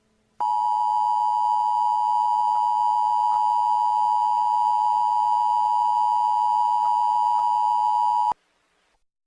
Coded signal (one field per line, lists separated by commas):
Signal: Emergency Alert System (SAME) tones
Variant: 853 and 960 Hz attention tone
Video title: The Final Battle (EAS Scenario)